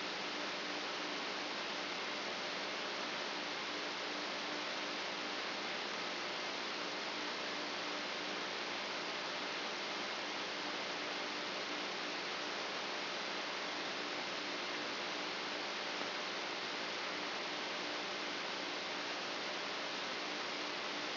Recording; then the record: brain microelectrode recording played as sound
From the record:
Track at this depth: outside the subthalamic nucleus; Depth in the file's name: 8.828 mm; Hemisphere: left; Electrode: 2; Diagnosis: Parkinson's disease